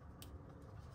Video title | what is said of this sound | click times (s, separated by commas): Tesla Model Y / 3 NEW Rear Entertainment Display Installation and 1st Impression! Headphones Test! | once you hear it click is | 0.2 s